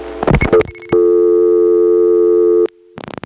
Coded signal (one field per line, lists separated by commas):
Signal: telephone call progress tone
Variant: North America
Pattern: dial tone